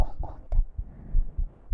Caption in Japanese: ノイマンさんのお 耳に心臓が当たってるの、コンコンって。 凄まじく心音が速くなるということが分かりました。 今日やけにいつもより心音が伝わりやすかった気がする。 ブレジャーしてないからだ。